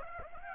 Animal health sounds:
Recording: mosquito wingbeat signal from an infrared sensor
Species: Aedes aegypti

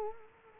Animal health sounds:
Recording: mosquito wingbeat signal from an infrared sensor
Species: Culex quinquefasciatus

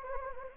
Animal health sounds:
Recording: mosquito wingbeat signal from an infrared sensor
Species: Anopheles gambiae

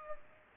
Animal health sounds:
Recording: mosquito wingbeat signal from an infrared sensor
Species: Culex pipiens

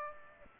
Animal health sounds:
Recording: mosquito wingbeat signal from an infrared sensor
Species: Aedes aegypti

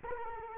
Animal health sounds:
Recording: mosquito wingbeat signal from an infrared sensor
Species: Culex quinquefasciatus

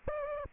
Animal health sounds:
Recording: mosquito wingbeat signal from an infrared sensor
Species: Aedes aegypti

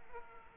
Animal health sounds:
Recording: mosquito wingbeat signal from an infrared sensor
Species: Aedes aegypti

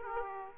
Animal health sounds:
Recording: mosquito wingbeat signal from an infrared sensor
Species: Aedes aegypti

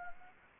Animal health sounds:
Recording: mosquito wingbeat signal from an infrared sensor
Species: Anopheles gambiae

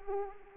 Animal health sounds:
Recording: mosquito wingbeat signal from an infrared sensor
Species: Anopheles arabiensis

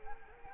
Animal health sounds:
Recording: mosquito wingbeat signal from an infrared sensor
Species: Culex quinquefasciatus

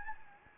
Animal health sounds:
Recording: mosquito wingbeat signal from an infrared sensor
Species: Anopheles gambiae

